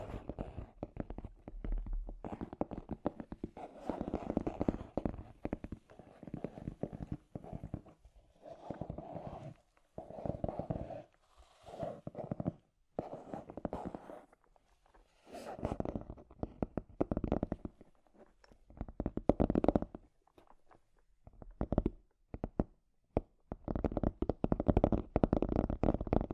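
Scratchy tapping in dense, irregular bursts of rough low-to-mid clatter, broken by brief pauses near 10, 14, 20 and 22 seconds.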